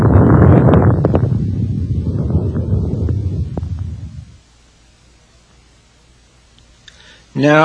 Crackles are short, explosive, non-musical sounds. High-pitched crackles are also called fine crackles.